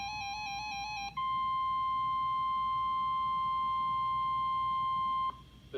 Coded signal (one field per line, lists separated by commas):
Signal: Emergency Alert System (SAME) tones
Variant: 1050 Hz attention tone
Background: music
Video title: EAS #2136 - Blizzard Warning for Eastern PA on KIH28 2-22-2026